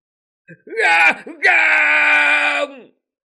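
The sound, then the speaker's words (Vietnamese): A man screams in anguish: a short rising cry, then a long, loud, strained scream that holds steady before trailing off downward. “Người vương gia gào thét xé lồng, nhưng tất cả đều là vô dụng.”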